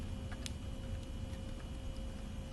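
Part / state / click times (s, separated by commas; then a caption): fuel pump module piece into its bracket / seated / 0.5 s. A piece of the fuel pump module from a 2005 Kia Sedona is placed and snapped into its bracket during a fuel pump replacement. A single short, sharp snap sounds at 0.5 s over a steady low hum with faint faint ticks, and the piece is seated.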